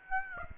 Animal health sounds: mosquito wingbeat signal from an infrared sensor; Aedes aegypti

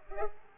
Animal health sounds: mosquito wingbeat signal from an infrared sensor; Culex pipiens

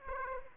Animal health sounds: mosquito wingbeat signal from an infrared sensor; Aedes aegypti

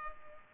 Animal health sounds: mosquito wingbeat signal from an infrared sensor; Culex pipiens

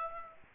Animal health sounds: mosquito wingbeat signal from an infrared sensor; Aedes aegypti

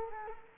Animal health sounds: mosquito wingbeat signal from an infrared sensor; Culex quinquefasciatus

